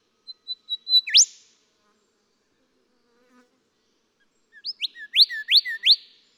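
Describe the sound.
Golden whistler song: a few thin whistled notes, then a loud upsweeping whip, later a burst of sharply rising whistles.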